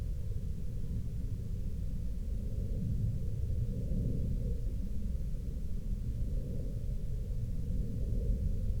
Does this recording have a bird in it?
no